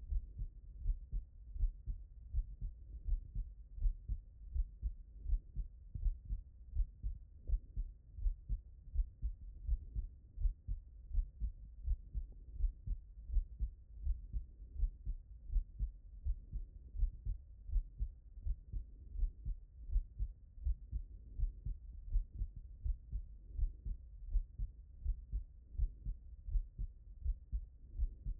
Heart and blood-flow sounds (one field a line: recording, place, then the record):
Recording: heart sounds by stethoscope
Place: tricuspid valve (TV)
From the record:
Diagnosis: non-HFrEF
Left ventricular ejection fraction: 45%